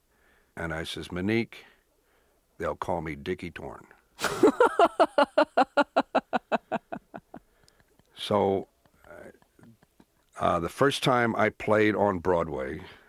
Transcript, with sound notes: And I says, Monique, they'll call me Dicky Torn.
(Laughter).
So the first time I played on Broadway,